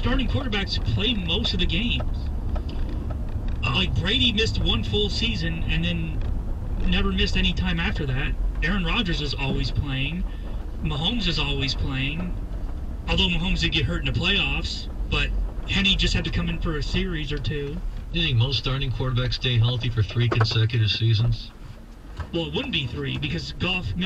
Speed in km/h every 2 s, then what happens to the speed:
29, 31, 31, 23, 15, 16, 21, 16, 11, 6, 0, 0.
4-8 brakes to 15. 8-13 steady at about 16. 13-19 brakes to 0. 19-24 standing.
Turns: 6-10.